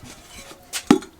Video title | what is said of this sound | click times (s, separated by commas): BMW 435i Gets Upgraded Charge Pipe! | click click like that this thing is tied in there | 0.9 s